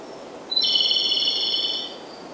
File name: j robin